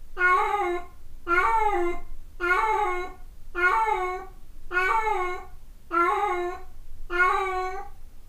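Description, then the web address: Cat meowing seven times in a steady rhythm, each short wailing meow about a second apart with a faint low rumble underneath. Dated 1 May 2008, also marked 0841. "cat cat 20080501-0841"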